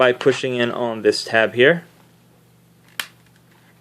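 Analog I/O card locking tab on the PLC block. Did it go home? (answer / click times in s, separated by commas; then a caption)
yes / 3.0 s. Someone talks while an analog I/O card, lined up flush against the PLC block, is secured by pushing in its plastic locking tab. A single sharp click sounds at 3.0 s, and the card is seated and locked in place.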